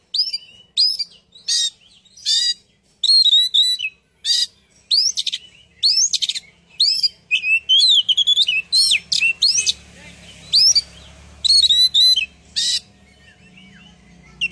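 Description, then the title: Bird song, rapid bursts of high chirps and twittering notes with buzzy elements, repeated in short phrases separated by brief gaps. "Kicau Burung Yoi"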